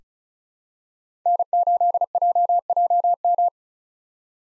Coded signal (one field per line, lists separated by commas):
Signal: Morse code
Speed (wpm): 36 wpm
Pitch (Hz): 700 Hz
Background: none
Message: N8JJM